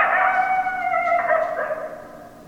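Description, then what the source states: Coyote howl: one sustained harmonic call, gently falling in pitch with small wavers, fading away over two seconds. Several coyotes; 10 December 2012.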